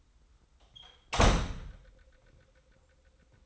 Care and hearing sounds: daily activity, microphone in the room; close door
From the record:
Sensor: 3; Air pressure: 990.4 hPa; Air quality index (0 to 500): 171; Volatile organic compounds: 1000 ppm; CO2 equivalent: 5538 ppm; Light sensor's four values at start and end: 48/113/46/44 and 48/113/46/44

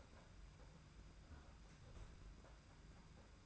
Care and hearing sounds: daily activity, microphone in the room; close fridge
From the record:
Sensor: 2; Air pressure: 991.7 hPa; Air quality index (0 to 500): 221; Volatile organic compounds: 1000 ppm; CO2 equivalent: 7379 ppm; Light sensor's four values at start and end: 26/83/32/30 and 26/83/32/30

